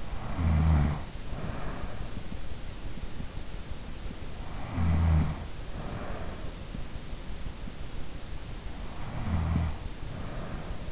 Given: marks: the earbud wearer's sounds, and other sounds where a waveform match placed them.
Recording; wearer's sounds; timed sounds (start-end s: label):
sounds in sleep by an in-ear microphone; snoring breath
0.00-2.60 s: snoring breath
4.36-6.85 s: snoring breath
8.91-10.92 s: snoring breath